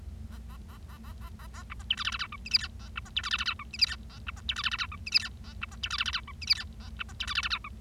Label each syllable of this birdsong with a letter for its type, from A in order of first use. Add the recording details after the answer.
A A A A A A A A B C D E F F G H I J K A B C D E F F G H I J K A B C D E F F G H I J K A B C D E F F G H I J K A B C D E F F G H. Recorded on 25 March 2012 at 13:17. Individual gy6or6